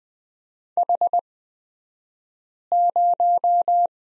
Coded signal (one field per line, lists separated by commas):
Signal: Morse code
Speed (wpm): 20 wpm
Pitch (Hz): 700 Hz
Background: none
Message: H0